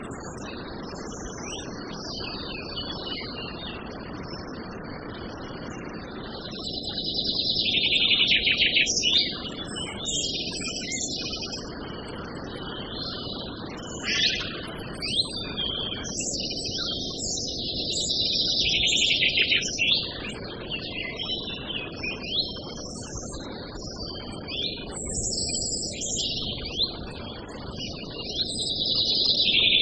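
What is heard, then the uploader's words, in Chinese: Birds call and chirp among trees in the wind, their bright, busy tweets crowding the upper range almost continuously from about six seconds onward, with louder bursts near 8, 14, 20 and 29 seconds. Underneath, a steady low rush of wind runs throughout. 自然·白噪音 - 风林鸟。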